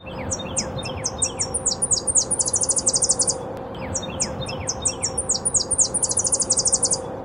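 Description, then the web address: Tennessee Warbler song, two high staccato phrases, each starting with spaced sharp chips that speed up into a rapid, dry, ringing trill, over a steady low hum. "Thumbs Plus Zoo Field Guide"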